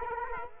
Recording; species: mosquito wingbeat signal from an infrared sensor; Culex quinquefasciatus